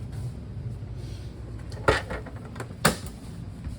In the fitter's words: that locks in place just like that